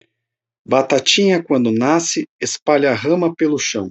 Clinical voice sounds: short text; Brazilian Portuguese; male; 30 to 39 years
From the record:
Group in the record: control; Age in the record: 38 years

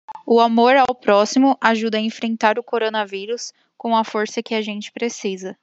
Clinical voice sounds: spoken sentence; Brazilian Portuguese; female; 20 to 29 years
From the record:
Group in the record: control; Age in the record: 26 years

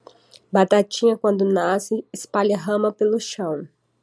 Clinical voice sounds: short text; Brazilian Portuguese; female; 20 to 29 years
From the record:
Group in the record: control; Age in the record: 29 years

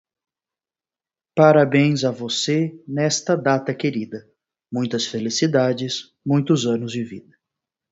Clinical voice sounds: short text; Brazilian Portuguese; male; 20 to 29 years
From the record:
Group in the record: control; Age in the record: 24 years

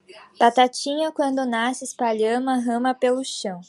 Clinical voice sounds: short text; Brazilian Portuguese; male; 50 to 59 years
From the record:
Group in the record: control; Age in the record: 54 years

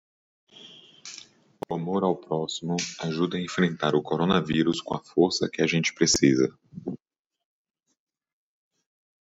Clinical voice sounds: spoken sentence; Brazilian Portuguese; male; 40 to 49 years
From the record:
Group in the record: control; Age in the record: 42 years

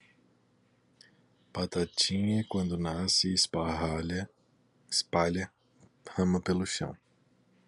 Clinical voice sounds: short text; Brazilian Portuguese; male; 30 to 39 years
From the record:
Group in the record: control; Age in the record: 32 years

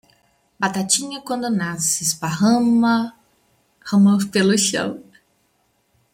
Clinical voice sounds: short text; Brazilian Portuguese; female; 40 to 49 years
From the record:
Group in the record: control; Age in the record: 46 years

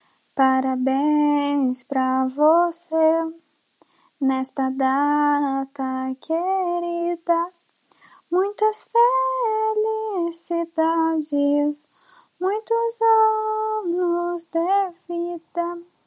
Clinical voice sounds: short text; Brazilian Portuguese; female; 20 to 29 years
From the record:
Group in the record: control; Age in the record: 24 years

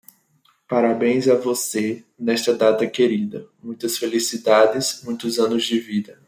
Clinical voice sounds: short text; Brazilian Portuguese; male; 20 to 29 years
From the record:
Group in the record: control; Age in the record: 23 years

